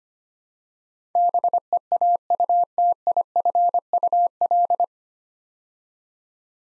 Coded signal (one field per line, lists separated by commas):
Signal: Morse code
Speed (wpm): 25 wpm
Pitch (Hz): 700 Hz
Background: none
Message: BEAUTIFUL